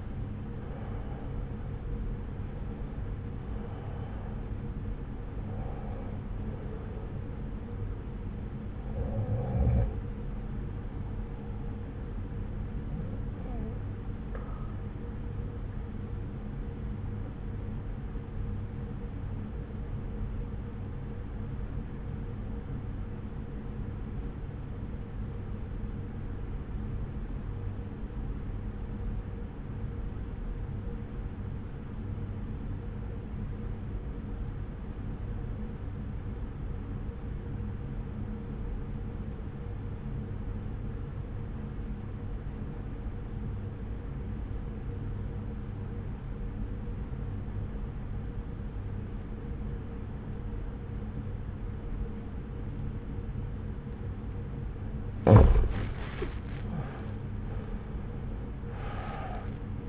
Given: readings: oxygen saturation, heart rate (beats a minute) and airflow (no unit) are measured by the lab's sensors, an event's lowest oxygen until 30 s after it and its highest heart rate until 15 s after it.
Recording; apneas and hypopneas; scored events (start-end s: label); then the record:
breathing in sleep by a smartphone at the bedside; 1
20.00-54.10 s: obstructive apnea (REM, oxygen 97% highest, then 84% lowest)
From the record:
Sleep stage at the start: REM sleep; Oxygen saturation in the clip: 82 to 97%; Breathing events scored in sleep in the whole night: 303 in 8.1 hours asleep